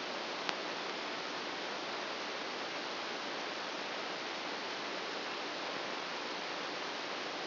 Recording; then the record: brain microelectrode recording played as sound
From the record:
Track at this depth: outside the subthalamic nucleus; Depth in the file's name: -1.309 mm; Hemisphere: right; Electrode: 2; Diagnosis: Parkinson's disease